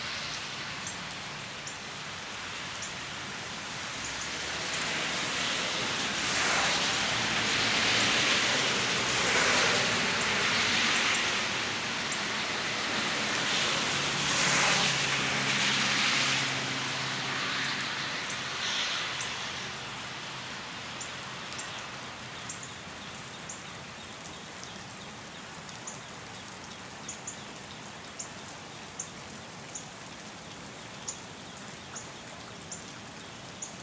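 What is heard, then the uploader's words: Steady rain hisses throughout, with traffic swelling up between about five and nineteen seconds as a vehicle passes, adding a low rumble and a louder wash of tire spray. Afterward the rain settles to an even patter with faint, regular drip ticks. Rainy Morning & Traffic. Recorded in the morning and mixed in Audition.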